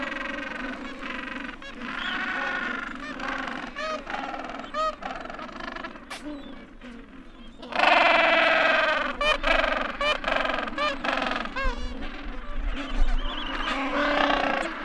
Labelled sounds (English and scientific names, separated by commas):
Gentoo Penguin (Pygoscelis papua) call